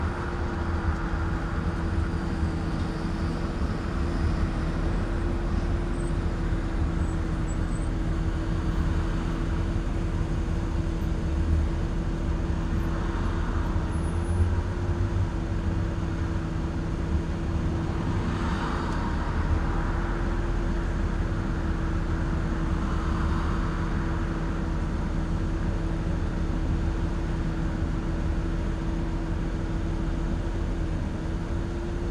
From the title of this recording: Afternoon drive and a car wash in Phoenix Arizona